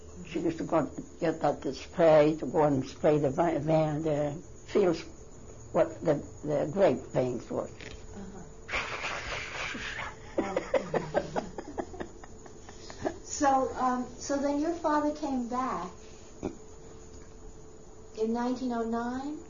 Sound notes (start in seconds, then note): 8.7 she makes a spraying noise; 8.7 she laughs